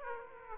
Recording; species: mosquito wingbeat signal from an infrared sensor; Aedes aegypti